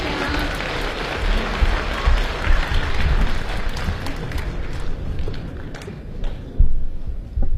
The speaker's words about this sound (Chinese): 咱们掌声有请著名相声表演艺术家李金斗老师和他的高祖刘颖，有请二位。